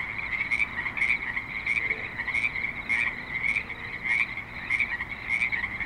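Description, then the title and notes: Frogs croaking together in a chorus, pulsed calls repeating more than once a second above a continuous croaking hum, with soft low background noise. Frogs at a creek in Spanish Springs, Nevada, in a suburban setting. "Frogs in Spanish Springs, NV - creek view. Frogs with light traffic and other suburban sounds"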